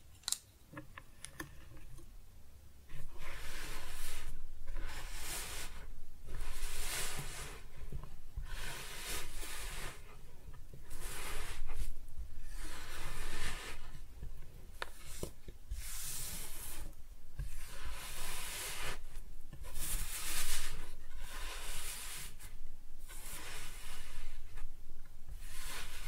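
Kinetic sand being cut and scooped, heard as a string of soft, gritty swishes and crumbly rustles. After a quiet first three seconds, the strokes come steadily about once a second, each a bright, hissy scrape, with a faint low rumble underneath.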